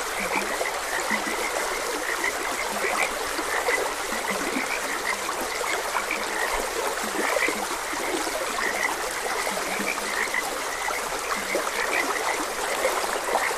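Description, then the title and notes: Frogs keep up high, chirping croaks with occasional deeper croaks beneath, over an unbroken rushing stream. Frogs croaking beside a gentle stream. "Frogs Croaking. Sleep and Relaxation Podcast"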